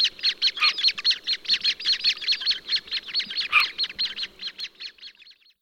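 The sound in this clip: Horned grebe calls in a rapid, chattering run of high squeaky notes, slowly fading away at the end.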